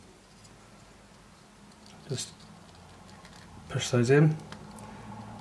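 The second suction cup's mushroom head is handled and pushed toward the keyhole slot of a camera mount board while someone talks, with a brief soft handling noise near 2.1 s. Nothing has seated or clicked yet; the clip ends just before the head goes home.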